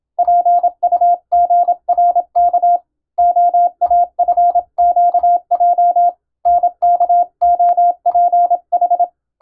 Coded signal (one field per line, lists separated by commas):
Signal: Morse code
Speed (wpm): 26 wpm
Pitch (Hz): 700 Hz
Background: none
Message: PUGRK OAFQJ NKOPH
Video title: 【第１級無線通信士】昭和はラジオでよくモールス符号が聞こえました。船と陸との唯一の通信手段、大変重要な無線通信でした。アマチュア無線の受信トレーニングにどうぞ morse code practice